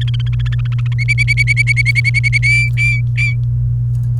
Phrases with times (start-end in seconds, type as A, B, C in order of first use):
0.01-0.93 A, 0.98-2.38 B, 2.42-3.33 C